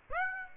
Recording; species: mosquito wingbeat signal from an infrared sensor; Aedes aegypti